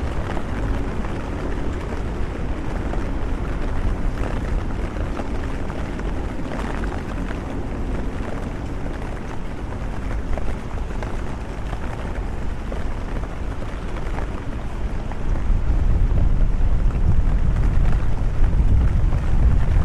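A rainy city walk fills with a dense, steady wash of noise, likely rain and traffic blending with a low rumble throughout. Faint scattered taps and clicks run through it. Around fifteen seconds the low rumble swells louder and stays heavier to the end.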